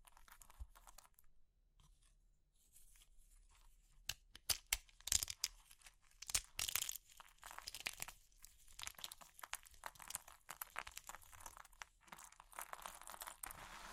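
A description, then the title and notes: Brittle material such as chalk or soap is crushed and crumbled. It starts with soft scattered crackles, then from about four seconds dense crunching sets in, with sharp snaps near five and seven seconds and fine gritty crinkling throughout. ASMR Oddly Satisfying Crushing Triggers Soap, Chalk, Meringue, Pastel (No Talking).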